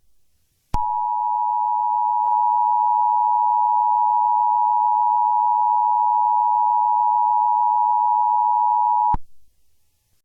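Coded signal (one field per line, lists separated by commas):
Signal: Emergency Alert System (SAME) tones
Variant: 853 and 960 Hz attention tone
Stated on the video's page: Fictional EAS scenario; the alert is simulated.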